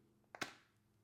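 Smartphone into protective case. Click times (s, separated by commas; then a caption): 0.4 s. An iPhone 15 Pro Max in black titanium is pressed into a Spigen Zero One case made of TPU and polycarbonate. Two sharp clicks are heard at 0.3 and 0.4 seconds, the second louder with a short fading ring. The phone snaps securely into the case.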